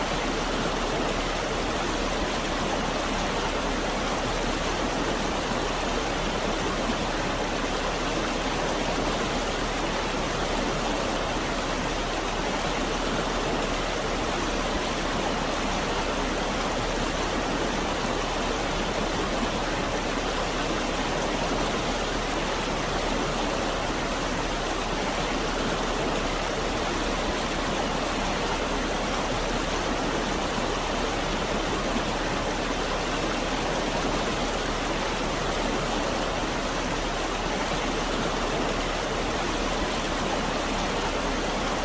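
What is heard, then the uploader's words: A river rushes steadily and without pause for the whole 42 seconds, a dense, even wash of flowing water that never rises or falls. The sound sits full, bright hiss over a softer low rumble, with no separate splashes or other sounds. Relaxing Peaceful River Sounds for Sleep.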